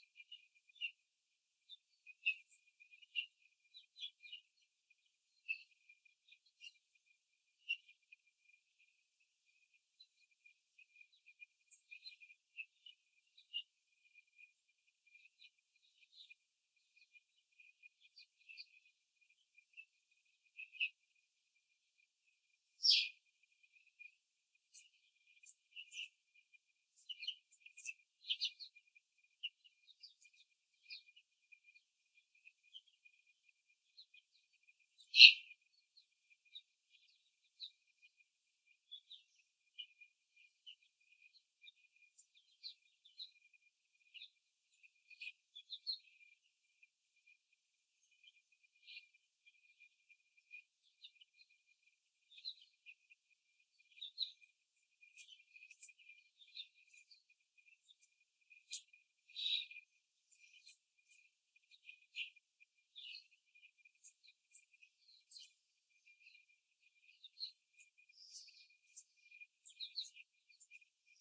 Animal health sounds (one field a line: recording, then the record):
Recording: young laying hens in a cage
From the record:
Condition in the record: before the stressor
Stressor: simulated dog barking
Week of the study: 3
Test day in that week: 2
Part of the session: 2